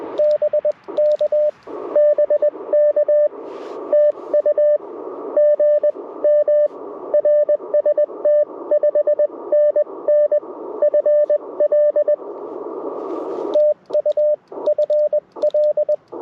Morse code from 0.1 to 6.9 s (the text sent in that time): BK BK TU G M